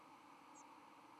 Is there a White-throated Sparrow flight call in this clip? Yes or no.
no